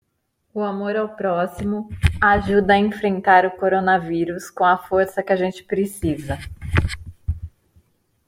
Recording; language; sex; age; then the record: spoken sentence; Brazilian Portuguese; female; 40 to 49 years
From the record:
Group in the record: control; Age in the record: 45 years